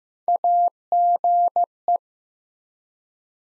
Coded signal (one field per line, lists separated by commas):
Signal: Morse code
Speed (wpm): 15 wpm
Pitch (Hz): 700 Hz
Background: none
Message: AGE